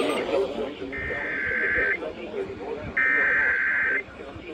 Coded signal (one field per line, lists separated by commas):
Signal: Emergency Alert System (SAME) tones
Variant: header bursts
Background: speech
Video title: EAS #2402-2412 Severe Thunderstorm Warning 7-5-23